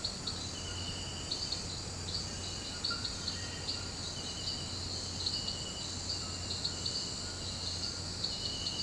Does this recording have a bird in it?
no